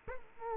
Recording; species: mosquito wingbeat signal from an infrared sensor; Culex quinquefasciatus